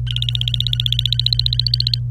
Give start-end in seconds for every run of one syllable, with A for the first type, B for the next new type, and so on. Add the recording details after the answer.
0.07-1.99 A. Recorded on 26 April 2018 at 11:47. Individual llb3